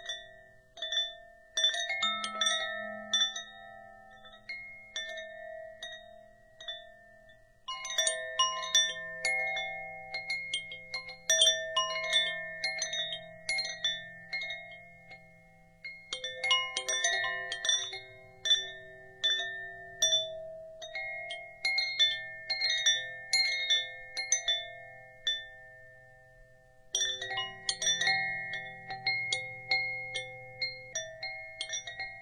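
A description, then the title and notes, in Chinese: Wind chimes ring in frequent overlapping strikes, their clear metallic tones hanging and fading between hits. The ringing comes in bursts with brief quieter lulls near 8, 16 and 27 seconds, and a soft low hum sits underneath throughout. 风铃声。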